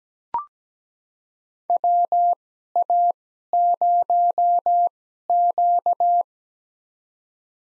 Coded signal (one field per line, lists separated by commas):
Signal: Morse code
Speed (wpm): 17 wpm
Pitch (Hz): 700 Hz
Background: none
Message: WA0Q